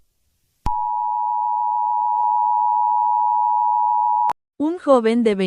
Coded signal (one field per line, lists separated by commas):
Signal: Emergency Alert System (SAME) tones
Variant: 853 and 960 Hz attention tone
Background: speech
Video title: Lo so raptor(a Jurassic Park novel eas scenario) along horror